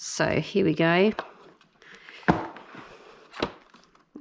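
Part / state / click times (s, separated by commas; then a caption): plastic stabilizer block into walker base / seated / 2.3 s. Someone talks, then a plastic stabilizer block is pushed into a hole in the base of a MyChild Roundabout 4 in 1 Activity Walker and pops into place with a sharp click at 2.3 s. A second, softer knock follows at about 3.4 s.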